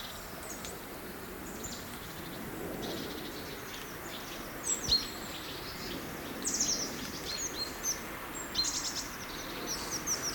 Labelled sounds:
Great Tit (Parus major)

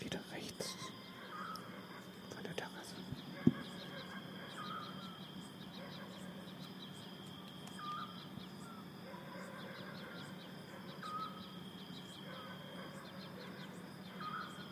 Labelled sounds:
Eurasian Scops Owl (Otus scops)

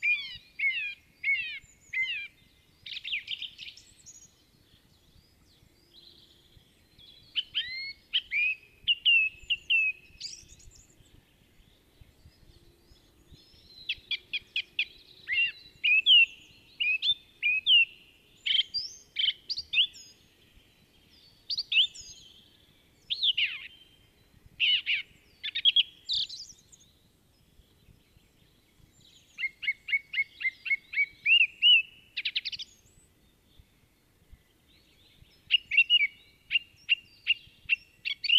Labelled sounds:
Song Thrush (Turdus philomelos) song

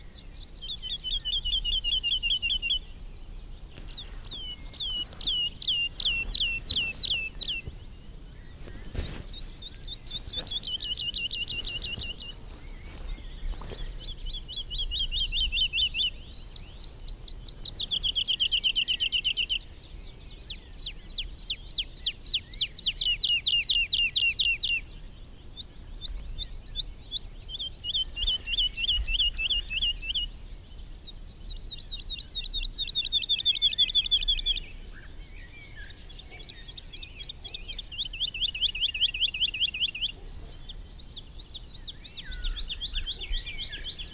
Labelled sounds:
Wood Lark (Lullula arborea) flight song

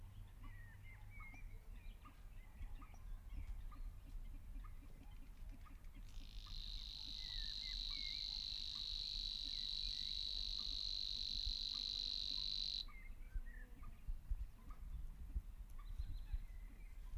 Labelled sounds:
Savi's Warbler (Locustella luscinioides) song

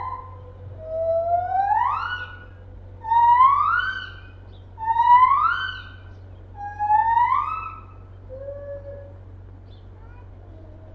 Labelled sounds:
Lar Gibbon (Hylobates lar)

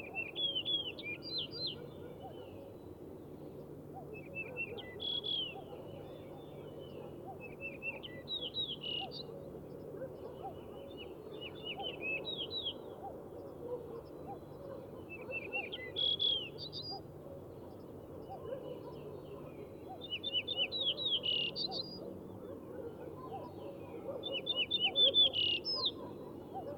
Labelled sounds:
Yellow-breasted Bunting (Emberiza aureola) song

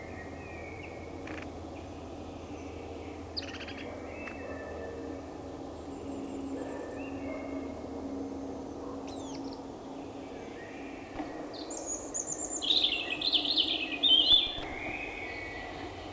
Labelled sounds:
European Robin (Erithacus rubecula) song

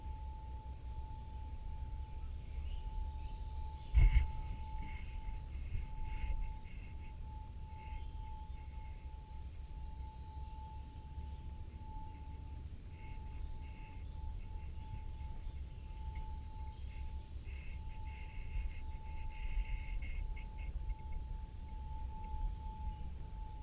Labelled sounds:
Short-toed Treecreeper (Certhia brachydactyla)

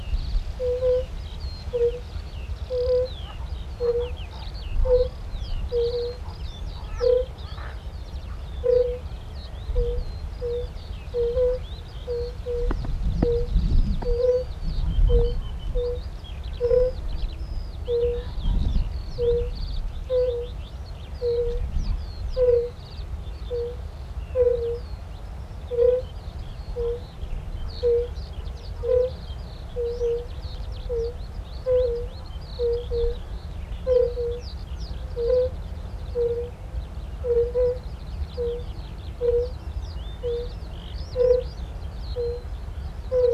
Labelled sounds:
Fire-Bellied Toad (Bombina bombina) call

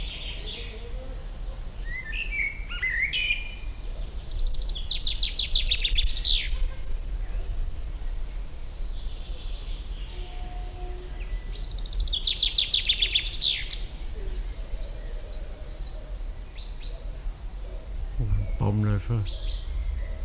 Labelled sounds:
Eurasian Treecreeper (Certhia familiaris) song

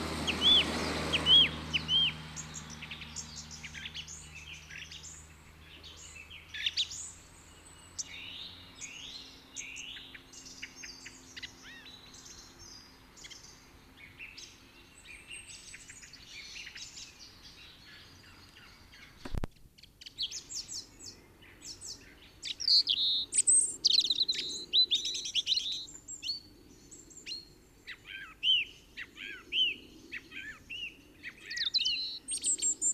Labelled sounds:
Song Thrush (Turdus philomelos) song

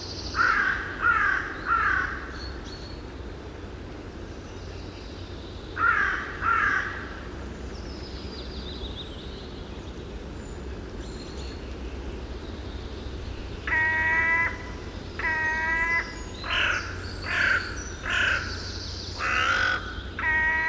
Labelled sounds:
Carrion Crow (Corvus corone) call

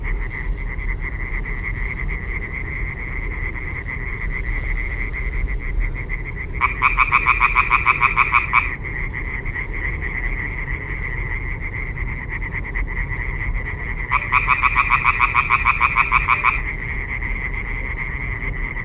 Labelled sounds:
Common Tree Frog (Hyla arborea) call

